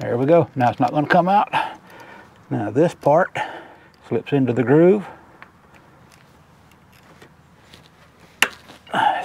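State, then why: Seated. Someone talks while flipping a replacement plastic kick-down (TV) cable end on a Jeep transmission into its groove, followed by a few faint ticks. The cable end is pressed onto the throttle linkage ball stud, and a sharp, loud snap at 8.4 s shows it seated in place.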